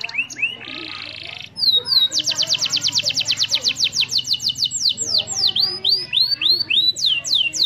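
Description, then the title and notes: Canary song with a buzzy rattle, then a long run of rapid downward-sweeping whistled notes, rolling trills and looping phrases. Canary master song, used to train other birds. "Suara Burung Kenari Masteran. master suara burung kenari mantap"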